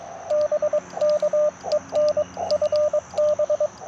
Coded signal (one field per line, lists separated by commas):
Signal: Morse code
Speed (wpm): 22 wpm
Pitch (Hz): 600 Hz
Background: radio noise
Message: BK EN FB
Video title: Morning Morse Code - 06/17/2025